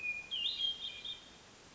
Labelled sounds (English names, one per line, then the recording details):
Hermit Thrush
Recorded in Sonoma County, California